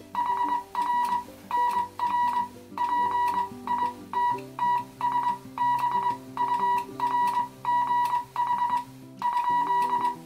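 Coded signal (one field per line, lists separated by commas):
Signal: Morse code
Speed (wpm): 21 wpm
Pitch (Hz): 970 Hz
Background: music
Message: HR NR PITTSBURGH ?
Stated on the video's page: CW QSO on a vintage Heathkit HW-101 tube transceiver.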